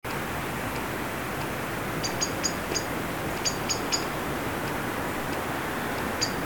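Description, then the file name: Common blackbird giving sharp, high clicking chips in quick runs of three or four, repeated twice plus a few scattered single notes, over a steady broad hiss of background noise. "Turdus merula"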